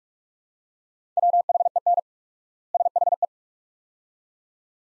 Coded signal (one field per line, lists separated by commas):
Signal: Morse code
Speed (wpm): 47 wpm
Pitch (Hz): 700 Hz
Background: none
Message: WHEN SHE